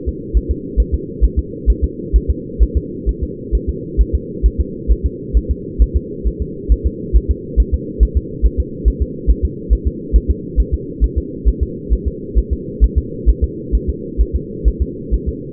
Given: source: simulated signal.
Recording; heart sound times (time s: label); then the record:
fetal heart sounds
0.09 s: S2
0.37 s: S1
0.51 s: S2
0.80 s: S1
0.94 s: S2
1.24 s: S1
1.39 s: S2
1.70 s: S1
1.84 s: S2
2.16 s: S1
2.30 s: S2
2.63 s: S1
2.77 s: S2
3.09 s: S1
3.23 s: S2
3.55 s: S1
3.69 s: S2
4.01 s: S1
4.15 s: S2
4.46 s: S1
4.60 s: S2
4.92 s: S1
5.06 s: S2
5.37 s: S1
5.51 s: S2
5.82 s: S1
5.97 s: S2
6.27 s: S1
6.42 s: S2
6.72 s: S1
6.86 s: S2
7.16 s: S1
7.31 s: S2
7.60 s: S1
7.74 s: S2
8.03 s: S1
8.17 s: S2
8.46 s: S1
8.60 s: S2
8.88 s: S1
9.02 s: S2
9.31 s: S1
9.45 s: S2
9.73 s: S1
9.87 s: S2
10.16 s: S1
10.31 s: S2
10.60 s: S1
10.74 s: S2
11.04 s: S1
11.18 s: S2
11.49 s: S1
11.63 s: S2
11.93 s: S1
12.08 s: S2
12.39 s: S1
12.53 s: S2
12.84 s: S1
12.98 s: S2
13.29 s: S1
13.44 s: S2
13.75 s: S1
13.90 s: S2
14.21 s: S1
14.36 s: S2
14.68 s: S1
14.82 s: S2
15.14 s: S1
15.29 s: S2
From the record:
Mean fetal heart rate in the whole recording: 135 bpm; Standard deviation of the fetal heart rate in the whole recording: 3 bpm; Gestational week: 34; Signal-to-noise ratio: -4.1 dB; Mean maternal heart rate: no maternal heart sound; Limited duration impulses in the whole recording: absent